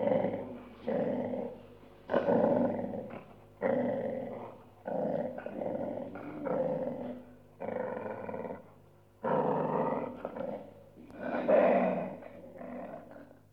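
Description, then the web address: Dog growling and snarling in rough, harsh bursts of one to two seconds, separated by short pauses. "audio animali cani cani dog"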